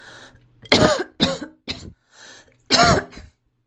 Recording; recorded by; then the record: voluntary cough; messaging app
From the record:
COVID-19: negative